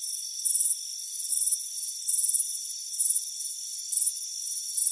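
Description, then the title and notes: Cricket chirps come as short, shrill trills about once a second, with softer pulses between them over a continuous high drone. "Soothing Crickets Chirping Sound. It's a warm afternoon as you relax in a hammock on the front porch. Relax and fall asleep to the soothing sound of chirping crickets"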